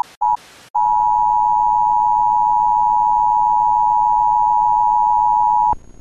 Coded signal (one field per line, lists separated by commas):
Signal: Emergency Alert System (SAME) tones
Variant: 853 and 960 Hz attention tone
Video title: the emergency alert system morning doe 445